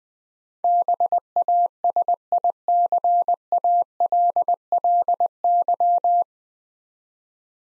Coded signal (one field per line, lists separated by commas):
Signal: Morse code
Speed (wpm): 21 wpm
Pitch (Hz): 700 Hz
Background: none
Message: BASICALLY